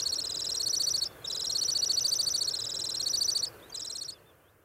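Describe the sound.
Temminck's stint song: long, very high, rapidly pulsed trills with a slightly wavering pitch, broken by two short pauses, with a brief final burst.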